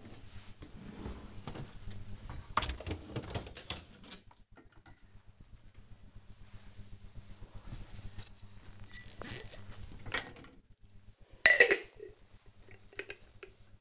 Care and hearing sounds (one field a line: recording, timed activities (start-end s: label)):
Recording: household activities, microphone on the right wrist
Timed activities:
0.00-13.81 s: cleaning out the dishwasher